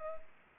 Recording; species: mosquito wingbeat signal from an infrared sensor; Culex pipiens